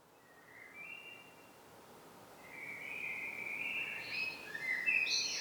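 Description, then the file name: Common blackbird song: a faint short whistle, then a louder flowing phrase that climbs into a squeaky high twitter at the end. "Turdus merula"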